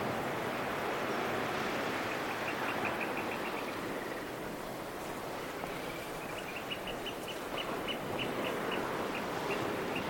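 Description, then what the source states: Oystercatchers peeping in quick runs of high, sharp pips, two bursts several seconds apart, half buried under strong wind noise. Oystercatchers peeping on a seaweed-strewn beach by a coast path on the Anglesey coast, windy; the birds are described as always nervous.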